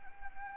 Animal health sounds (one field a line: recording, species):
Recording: mosquito wingbeat signal from an infrared sensor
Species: Anopheles arabiensis